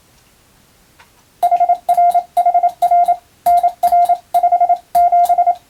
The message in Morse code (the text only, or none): HRHR NR57